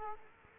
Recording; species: mosquito wingbeat signal from an infrared sensor; Culex quinquefasciatus